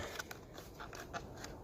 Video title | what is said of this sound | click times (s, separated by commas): Alfa GT or 147 window switch Broken button fix | right let's pop that back in there until it clicks all the way around and | 0.2 s, 0.3 s, 0.9 s, 1.4 s